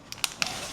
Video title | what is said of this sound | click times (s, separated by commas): Tesla Steering Wheel Upgrade – Full DIY Installation Tutorial | This just snaps in place and | 0.2 s, 0.4 s